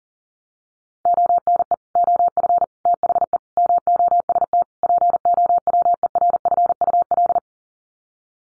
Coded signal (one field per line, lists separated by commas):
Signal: Morse code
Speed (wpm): 40 wpm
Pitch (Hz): 700 Hz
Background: none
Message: ONE OF THE MOST POWERFUL